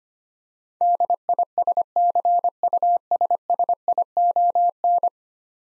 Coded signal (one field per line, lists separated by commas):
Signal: Morse code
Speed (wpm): 25 wpm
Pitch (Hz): 700 Hz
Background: none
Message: DISCUSSION